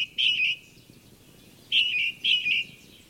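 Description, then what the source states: Finch song of short buzzy, slightly warbling high notes, one phrase then a pause and two more in quick succession, over faint low rumble. New finch species that emerged on an island within two generations; its offspring interbred and were genetically unique.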